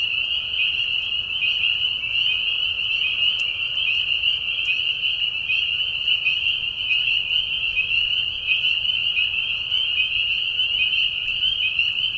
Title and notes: Peeper frogs in the spring. Peeper frogs in a marsh at night. This is a mating call that happens during a very short season in the Spring. The high whistles at a low volume. Recorded at the Tiny Marsh Conservation area in Tiny, Ontario. Recorded by Anton Pickard. Music for Sleep